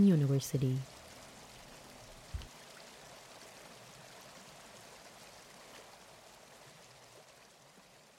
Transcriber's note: Swannanoa River flowing